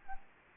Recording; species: mosquito wingbeat signal from an infrared sensor; Culex quinquefasciatus